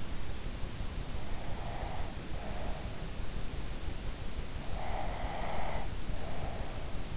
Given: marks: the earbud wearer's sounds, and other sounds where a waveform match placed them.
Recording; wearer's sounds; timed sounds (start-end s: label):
sounds in sleep by an in-ear microphone; breath
1.55-2.82 s: breath
4.75-6.63 s: breath